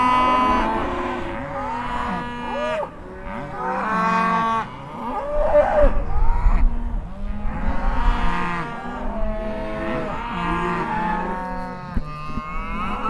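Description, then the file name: Cow: cattle herd lowing continuously, many overlapping moos of varied pitch, some rising and bending, with low rumbling background noise underneath. "Herd Of Cows Mooing"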